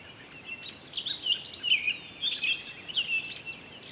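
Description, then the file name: Townsend's solitaire singing a bright, fast, tumbling warble of high liquid notes, continuous and varied, with light hiss behind it. Recorded 23 October 2011. "20111023 townsends-solitaire"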